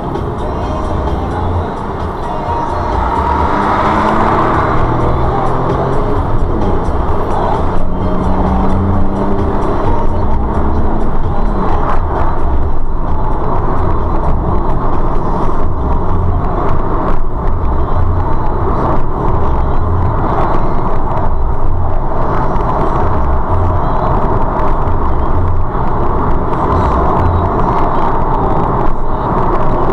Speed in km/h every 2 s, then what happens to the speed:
39, 45, 56, 63, 71, 79, 84, 87, 92, 92, 97, 100, 100, 95, 90.
0-22 speeds up to 100. 22-30 slows to 90.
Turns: none.